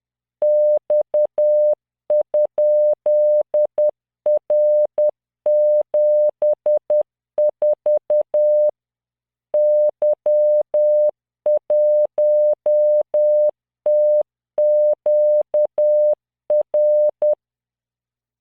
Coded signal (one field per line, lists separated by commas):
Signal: Morse code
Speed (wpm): 10 wpm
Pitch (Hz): 600 Hz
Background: none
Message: X?R74 Y1TQR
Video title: tamanのモールス練習動画83（モールス信号 速度10WPM morse code)